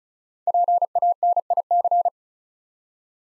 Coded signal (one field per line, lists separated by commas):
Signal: Morse code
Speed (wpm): 36 wpm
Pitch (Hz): 700 Hz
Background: none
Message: PANIC